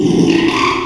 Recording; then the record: squeal of a Yucatan mini pig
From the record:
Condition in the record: after surgery on the right vocal fold (resection and tissue-engineered implant); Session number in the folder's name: 1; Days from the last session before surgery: 6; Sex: male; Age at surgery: 12 weeks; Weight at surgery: 13 kg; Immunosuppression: cyclosporine, prednisolone